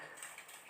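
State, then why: Released. The locking tab on the plastic TPS/IACV sensor plug on a fuel-injected motorcycle's throttle body is pressed until it gives a short click at 0.2 s, which is the signal to pull the connector out. The latch clicks open and the plug is released.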